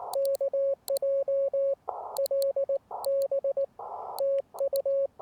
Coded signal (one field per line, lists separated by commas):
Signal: Morse code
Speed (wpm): 19 wpm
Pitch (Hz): 550 Hz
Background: none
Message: KJ L B TU